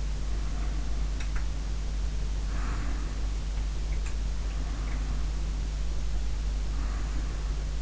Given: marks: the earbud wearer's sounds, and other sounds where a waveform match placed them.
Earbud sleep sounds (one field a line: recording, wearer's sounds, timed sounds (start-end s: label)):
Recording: sounds in sleep by an in-ear microphone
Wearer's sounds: breath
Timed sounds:
0.16-1.98 s: breath
2.17-3.73 s: breath
4.15-5.58 s: breath
6.30-7.82 s: breath